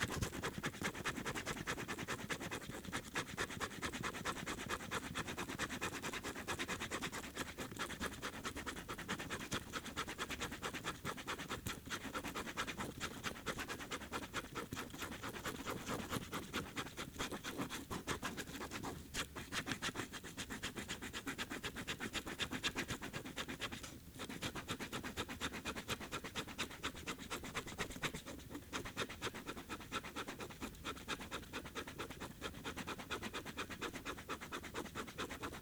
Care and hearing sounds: daily activity, guitar pickup as the sensor; write

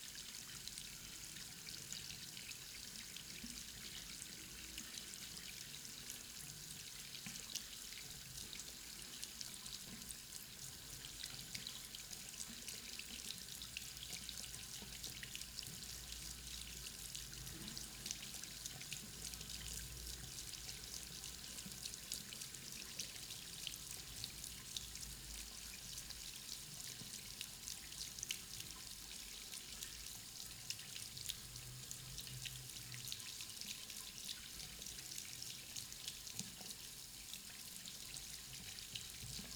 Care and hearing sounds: daily activity, guitar pickup as the sensor; wash hands

